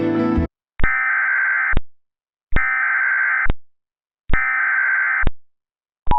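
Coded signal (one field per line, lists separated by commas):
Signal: Emergency Alert System (SAME) tones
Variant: header bursts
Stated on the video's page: Reenactment mock flash flood warning made with RadioShack 12-521 and EASyPLUS, containing valid EAS tones.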